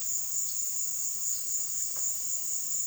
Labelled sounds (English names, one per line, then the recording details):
none
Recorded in pastures near Puerto Asís, Putumayo, Colombia, on 23 June 2025 at 16:00
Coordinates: 0.466, -76.322
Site GP07